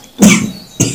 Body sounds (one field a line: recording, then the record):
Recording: coughing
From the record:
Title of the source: Spring Cold Coughing.